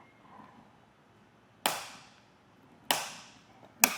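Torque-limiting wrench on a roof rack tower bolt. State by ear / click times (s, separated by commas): torque reached / 1.7 s, 2.9 s, 3.8 s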